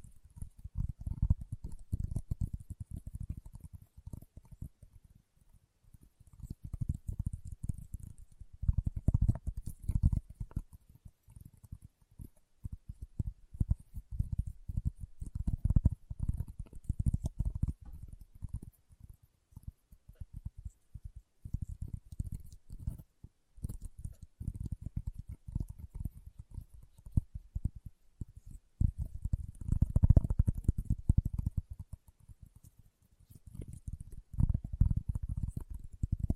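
Leather being tapped and scratched in dense, irregular bursts of low, muffled thumps and rubbing. The activity comes in clusters, busier around 2, 9, 17 and 30 seconds, with short quieter gaps between. Faint bright scratchy hiss sits above the dull taps throughout.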